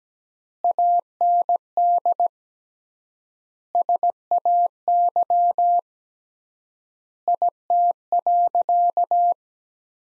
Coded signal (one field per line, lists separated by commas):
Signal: Morse code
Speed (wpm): 17 wpm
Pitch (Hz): 700 Hz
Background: none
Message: AND SAY IT.